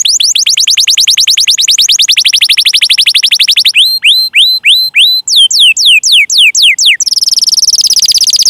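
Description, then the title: Canary song: long series of fast rising whistled notes, then slower upswept notes, descending sweeps and a dense high buzzy trill. Gacor (vigorously singing) canary song with the finest cengkok (song phrasing) and richest isian (song fill), for bird-song training. "Kenari Gacor Cengkok Terbaik Isian Paling Mewah Kenari"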